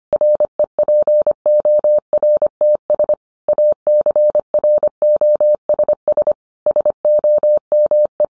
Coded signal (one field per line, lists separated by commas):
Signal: Morse code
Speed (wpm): 25 wpm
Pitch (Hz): 600 Hz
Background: none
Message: REPORTS ACROSS SOME